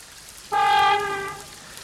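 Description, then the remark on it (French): A single short car horn honk sounds on its own in stormy, windy weather, a loud, steady, buzzy tone that holds for about a second and then fades out, with no voices. “Ah, le petit coup de klaxon.”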